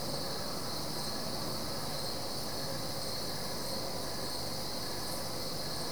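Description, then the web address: Crickets producing an unbroken high trill with occasional sharper chirps, steady in level throughout, over a low rumbling background. Crickets, several, recorded at night at Goldens Bridge, New York State, USA. "BBC Sound Effects Library - (America) Goldens Bridge, NY State - crickets at night"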